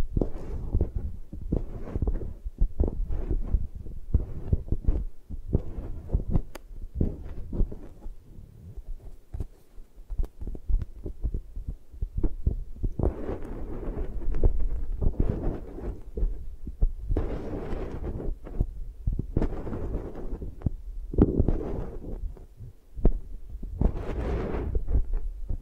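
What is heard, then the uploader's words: An eye massage with dense, thumping low rubbing that pulses irregularly like a muffled heartbeat throughout. From about halfway on, brighter brushing swishes rise over the thumps every few seconds, the strongest near the end. 3D Eye Massage.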